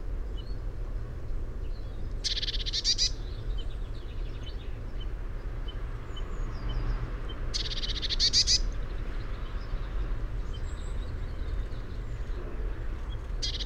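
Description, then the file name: Eurasian blue tit giving two short, buzzy, rattling churrs several seconds apart, plus the start of a third at the very end, over a constant low rumble. "Cyanistes caeruleus"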